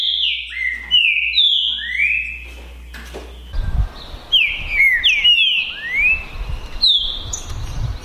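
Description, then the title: Green-winged saltator delivering runs of clear slurred whistles, mostly falling and some rising, with some overlapping phrases and brief low thumps in the background. Song contest between two birds named Naval and Demolidor, 2022 season; birds calling, singing and acting in a male rivalry display. "É UMA DISPUTA DE TRINCA FERRO PERFEITA!! NAVAL VS DEMOLIDOR 2022!"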